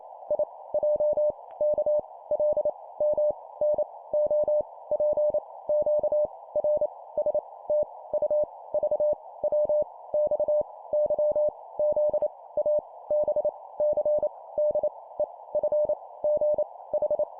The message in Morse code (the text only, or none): I J K L M N O P Q R S T U V W X Y Z A B C D E F G H